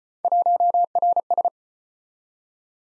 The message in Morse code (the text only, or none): 1RS